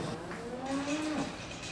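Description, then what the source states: Cow giving a short, low moo over steady background noise. Cow in labour at a dairy cow birthing exhibit at the State Fair in Syracuse, 2013, where cows give birth in front of visitors.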